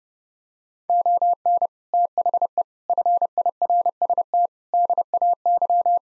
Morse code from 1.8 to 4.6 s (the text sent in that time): THE FIRST